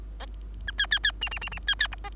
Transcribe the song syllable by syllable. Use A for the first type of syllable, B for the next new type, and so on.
A B B B C C C C B B D E